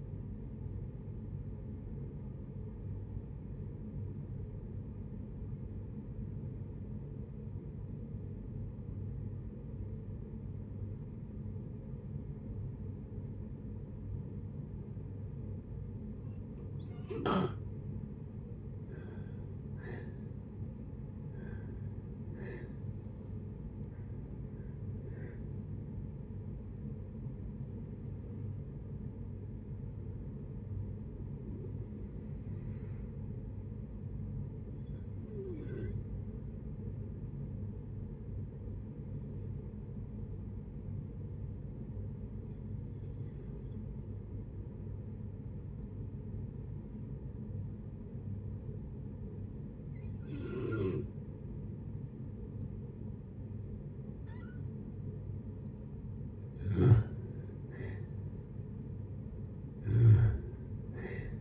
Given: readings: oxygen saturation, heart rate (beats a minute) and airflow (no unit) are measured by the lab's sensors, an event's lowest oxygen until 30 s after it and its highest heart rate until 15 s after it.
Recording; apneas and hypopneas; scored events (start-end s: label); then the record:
breathing in sleep by a smartphone at the bedside; 2
3.00-19.00 s: obstructive apnea (N2, oxygen 93% highest, then 81% lowest, heart rate 61 at the start, 76 highest)
28.00-58.00 s: new sleep stage, N1 (lightest sleep)
34.00-57.10 s: hypopnea (N1, oxygen 96% highest, then 84% lowest, heart rate 66 at the start, 70 highest)
58.00-61.41 s: new sleep stage, N2 (light sleep)
From the record:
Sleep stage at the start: N2 (light sleep); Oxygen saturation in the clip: 81 to 96%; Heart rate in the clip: 56 to 76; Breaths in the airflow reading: 10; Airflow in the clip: -12.8 to 13.7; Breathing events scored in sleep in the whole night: 496 in 5.4 hours asleep